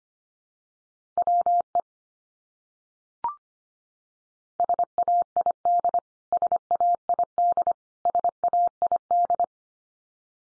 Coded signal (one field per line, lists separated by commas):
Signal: Morse code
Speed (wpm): 25 wpm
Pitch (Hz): 700 Hz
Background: none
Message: WE SAID SAID SAID